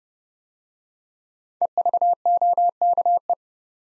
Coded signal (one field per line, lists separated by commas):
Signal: Morse code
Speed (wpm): 30 wpm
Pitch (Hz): 700 Hz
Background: none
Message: EVOKE